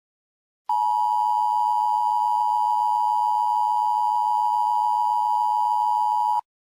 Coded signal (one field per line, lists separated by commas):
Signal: Emergency Alert System (SAME) tones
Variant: 853 and 960 Hz attention tone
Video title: The Great Hurricane in Texas (an EAS scenario)